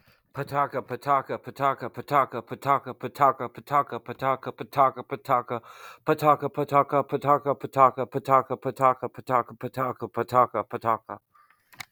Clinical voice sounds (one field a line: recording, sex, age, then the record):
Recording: repeated syllables /pa ta ka/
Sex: male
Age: 20 to 29 years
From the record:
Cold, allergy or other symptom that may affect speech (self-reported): no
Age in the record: 28 years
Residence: Minnesota, United States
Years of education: 12